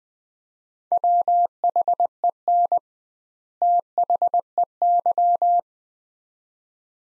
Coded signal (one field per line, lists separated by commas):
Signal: Morse code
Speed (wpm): 20 wpm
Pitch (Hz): 700 Hz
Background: none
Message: WHEN THEY